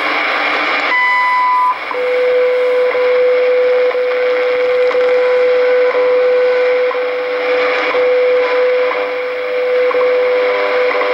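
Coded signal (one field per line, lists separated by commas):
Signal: radio time signal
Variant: WWV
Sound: short 1 kHz tone, then steady 500 Hz tone interrupted by ticks each second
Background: radio static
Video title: WWV 5 Mhz with slight WWVH underneath July 3rd 2016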